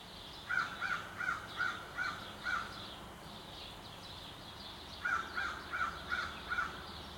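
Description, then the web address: Crow calling in two runs of several harsh caws separated by a quiet stretch. Suburban city setting in Montreal, Canada. "Articulated Sounds - Nature in the City AMB SUBURB Crow in City, Sparrow Chirps, Montreal, Canada"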